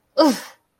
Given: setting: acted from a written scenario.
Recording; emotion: vocal sound without words; pain